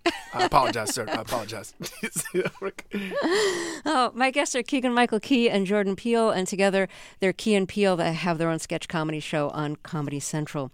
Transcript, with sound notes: I apologize, sir. I apologize.
(LAUGHTER)
My guests are Keegan-Michael Key and Jordan Peele, and together they're Key and Peele. They have their own sketch comedy show on Comedy Central.